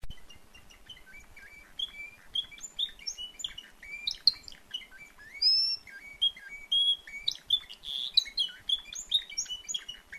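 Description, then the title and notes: Timbrado canary song opening with soft twitters, building into loud whistled notes, rolling trills and sharp chirps, over faint low background hum. Singing at a canary event or competition. "Canario timbrado de Gabriel. reproduccion de un canario en evento"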